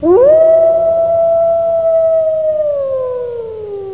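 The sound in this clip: Wolf howl: one long, steady tone that rises quickly, holds level for over two seconds, then slides gently downward as it fades.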